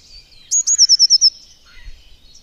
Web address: agykontroll Madardalok Cd 1. Kék cinege